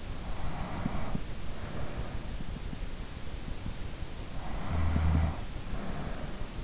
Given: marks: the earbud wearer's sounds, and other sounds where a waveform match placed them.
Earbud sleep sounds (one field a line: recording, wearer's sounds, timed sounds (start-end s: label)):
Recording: sounds in sleep by an in-ear microphone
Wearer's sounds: breath, snoring breath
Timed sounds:
0.25-2.53 s: breath
4.33-6.63 s: snoring breath